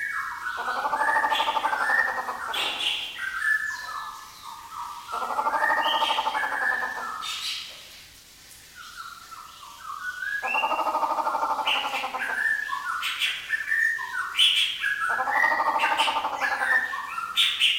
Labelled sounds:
Grey Peacock-Pheasant
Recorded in captivity
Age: adult
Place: Zoo Berlin, Berlin, DE
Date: 1997-01-18 14:13
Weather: bedeckt, -1°C
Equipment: Nagra SN, Kopie Uher 4000 Report Monitor
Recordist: Tembrock, Günter

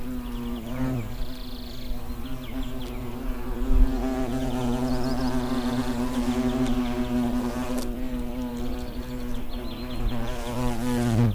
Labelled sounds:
Hornet flight call
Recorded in the wild
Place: Niederspree, Niederspreer Teichgebiet, Sachsen, DE
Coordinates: 51.3939, 14.8722
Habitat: oak tree
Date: 2008-08-01
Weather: heiter, 20°C, windstill
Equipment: Fostex FR2-LE, Sennheiser ME66, Popschutz
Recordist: Frommolt, Karl-Heinz

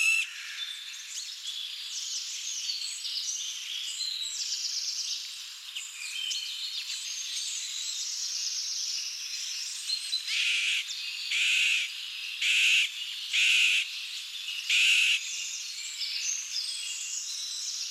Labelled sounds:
Middle Spotted Woodpecker song
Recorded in the wild
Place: Waltershofen / Freiburg im Breisgau, Baden-Württemberg, DE
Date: 2009-03-14
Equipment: MiniDisc Sharp MT 20 H
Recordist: Schwarz, Dieter

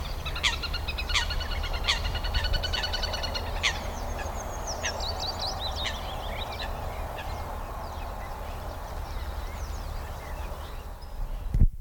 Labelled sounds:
Little Grebe call
Eurasian Coot
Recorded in the wild
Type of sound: call, call sequence
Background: Fulica atra
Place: Karower Teiche, Naturpark Barnim, Berlin, DE
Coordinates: 52.63, 13.46
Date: 1995-04-23 20:05
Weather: heiter, 20°C
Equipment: Marantz CP 430, Sennheiser ME 80, Kopie Uher 4000 Report Monitor
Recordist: Tembrock, Günter
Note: Rufreihe

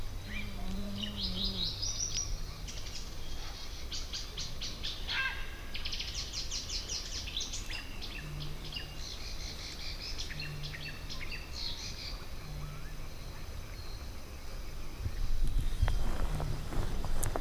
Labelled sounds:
Little Crake
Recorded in the wild
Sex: male
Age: adult
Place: Kützerhof, Kummerower See, Mecklenburg-Vorpommern, DE
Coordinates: 53.8653, 12.8761
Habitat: wetland
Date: 2008-05-27 22:00
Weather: wolkig, 11°C, kaum Wind
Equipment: Sound Devices 702, Sennheiser MKH 70, Windkorb
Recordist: Frommolt, Karl-Heinz

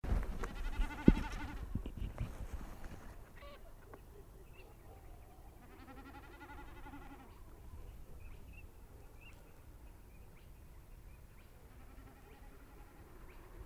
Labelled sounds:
Common Snipe bleating
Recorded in the wild
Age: adult
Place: Schwedt/Oder, Nationalpark Unteres Odertal, Brandenburg, DE
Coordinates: 53.1325, 14.353
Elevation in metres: 1
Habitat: wetland
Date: 2015-04-21 21:20
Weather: clear, 8°C, almost windless
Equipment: Sound Devices 702, Sennheiser MKH 70, Rycote Windschutz
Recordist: Frommolt, Karl-Heinz

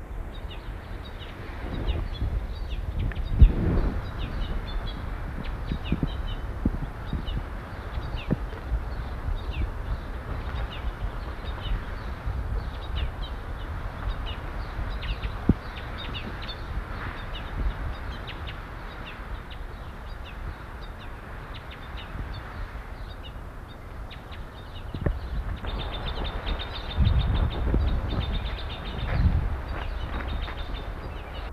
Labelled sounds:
Red Crossbill call
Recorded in captivity
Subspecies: balearica
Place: Mallorca, ES
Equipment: Halbspur, 9,5 cm/s
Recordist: Lütgens, Hans

